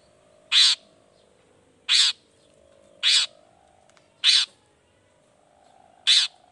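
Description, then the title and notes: Long-tailed shrike calling with loud harsh rasping notes, one about every one and a quarter seconds, over a faint hum. Morning singing of a lively long-tailed shrike with 'toet toet' sound variations, intended to stimulate reluctant shrikes into singing quickly. "Cendet Gacor Dor Di Kala Pagi Toet Toet Variasi Suara J. Cendet Gacor Di Pagi Hari Rangsangan Emosi Cendet Malas Bunyi Supaya Secepatnya Ikutan Bunyi. Burung cendet"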